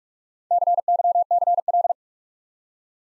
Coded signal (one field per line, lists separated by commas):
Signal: Morse code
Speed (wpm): 48 wpm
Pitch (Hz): 700 Hz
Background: none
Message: CYCL